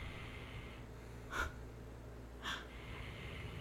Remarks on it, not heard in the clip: My dog is like snoring in the background.